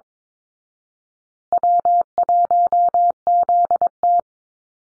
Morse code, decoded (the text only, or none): W1ZT